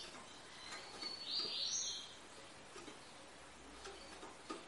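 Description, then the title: Double-collared seedeater song: one brief, bright, high warbled phrase of quick notes in the first half, then only a faint hiss with scattered soft clicks. Tui-tui song style, fibra; a tutor song used for teaching young birds. "COLEIRO TUI TUI FIBRA"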